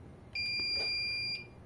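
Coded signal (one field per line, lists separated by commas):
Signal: beep code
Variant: access control keypad buzzer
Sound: one long steady high-pitched buzzer beep lasting about one second, with small clicks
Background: room noise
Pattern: 1 long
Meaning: Long beep means correct password, access granted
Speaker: Veja que foi um bip longo, né? E também ele acionou aqui por 1 segundo esse LED.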